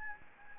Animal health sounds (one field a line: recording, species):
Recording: mosquito wingbeat signal from an infrared sensor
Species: Anopheles gambiae